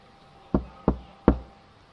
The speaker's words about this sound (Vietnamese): Tiếng gõ cửa lại vang lên.